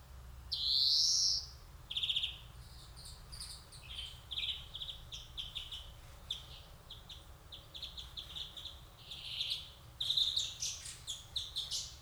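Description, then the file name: European greenfinch: one long nasal wheeze, then a busy run of twittering, chirping notes and short trills that continues to the end. "Chloris chloris"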